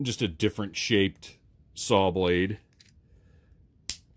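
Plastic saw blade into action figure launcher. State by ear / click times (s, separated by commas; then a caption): seated / 3.9 s. Someone talks while a second, differently shaped plastic saw blade is pushed into the launcher of a Masters of the Universe Origins Buzz Saw Hordak action figure. After a quiet pause, the blade locks in with a single loud, sharp click at 3.9 s, seating it in the launcher.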